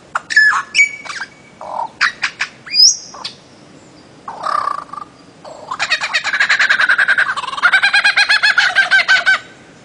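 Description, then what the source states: Bird-of-paradise giving scattered sharp whistled notes, then a long, fast buzzy rattle that carries on for several seconds. Master song recording made for training songbirds.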